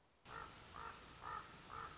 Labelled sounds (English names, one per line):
Common Raven